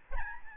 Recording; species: mosquito wingbeat signal from an infrared sensor; Aedes albopictus